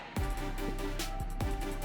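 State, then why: Not seated. A plastic battery hold-down is pressed into the battery tray of a ZEALINNO 1:10 scale RC monster truck chassis, meant to click in on both sides. Over steady background music, two short thumps come at 0.2 s and 1.4 s. Nothing has clicked into place; the hold-down fits snug but does not click.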